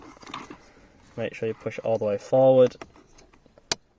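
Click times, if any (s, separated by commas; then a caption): 3.7 s. A CTAVGBT009 Bluetooth module's plastic connector is pushed all the way forward into the quadlock connector at the back of a VW Polo's car radio while someone talks. A single loud, sharp click at 3.7 s, preceded by a few faint ticks, confirms the connector is seated solidly and flush.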